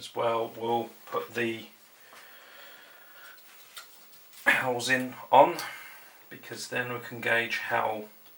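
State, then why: Not seated. Someone talks while refitting the plastic housing over the disc drive area of a Sega Saturn game console to gauge the clearance, with quiet handling noise between about 2 and 4.4 seconds. The housing is handled but not yet home, and nothing has clicked into place yet.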